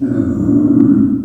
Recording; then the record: squeal of a Yucatan mini pig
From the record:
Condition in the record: after surgery on the right vocal fold (resection and tissue-engineered implant); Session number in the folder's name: 5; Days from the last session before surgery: 33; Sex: female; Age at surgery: 19 weeks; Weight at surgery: 25 kg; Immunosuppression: prednisolone